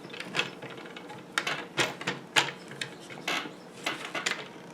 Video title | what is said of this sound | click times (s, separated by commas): Milescraft Circle Guide Kit Review | snaps into place | 1.4 s